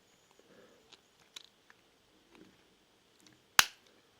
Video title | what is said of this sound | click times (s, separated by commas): Samsung S5200 – Demontaż, Naprawa, Wymiana (2008) | picie i tutaj kliknęło kliknęło tutaj w tych miejscach te | 1.4 s, 3.6 s